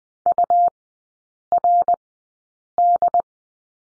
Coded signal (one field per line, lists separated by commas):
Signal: Morse code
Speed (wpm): 20 wpm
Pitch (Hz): 700 Hz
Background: none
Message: URD